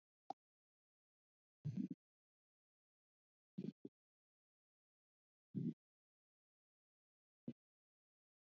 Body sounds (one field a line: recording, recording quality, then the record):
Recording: deep breathing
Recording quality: poor, much background noise or distortion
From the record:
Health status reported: healthy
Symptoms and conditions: none ticked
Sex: male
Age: 35 years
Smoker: not ticked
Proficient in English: yes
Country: India